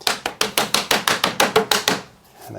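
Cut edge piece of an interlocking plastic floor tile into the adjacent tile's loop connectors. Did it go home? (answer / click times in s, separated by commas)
yes / 0.1 s, 0.4 s, 0.7 s, 1.1 s, 1.4 s, 1.9 s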